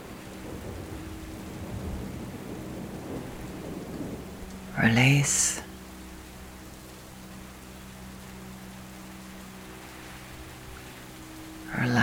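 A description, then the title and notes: Storm and rain sounds with a steady low rumble and faint hiss throughout. Around five seconds a sharp, bright crack bursts out and fades within a second, and another sudden crack begins right at the end. A low hum lingers underneath. Background storm and rain sounds.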